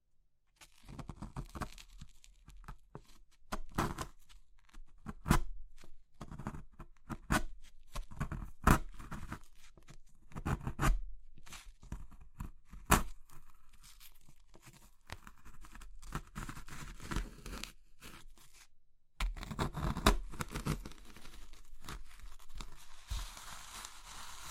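Brittle materials like soap, chalk, meringue and pastel are crushed in irregular crunchy snaps and crumbles, with sharp cracks every second or so between quieter gritty stretches. Near the twentieth second the crushing turns louder and denser, continuing as a steady gritty crumble to the end.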